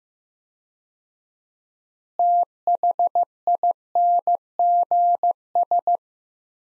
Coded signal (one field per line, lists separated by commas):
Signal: Morse code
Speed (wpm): 15 wpm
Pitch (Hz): 700 Hz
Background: none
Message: THINGS